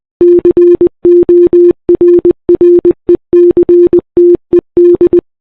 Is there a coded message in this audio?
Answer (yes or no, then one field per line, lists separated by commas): yes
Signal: Morse code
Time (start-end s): 0.2-5.2 s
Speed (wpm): 20 wpm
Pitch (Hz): 350 Hz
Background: none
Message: CORRECTED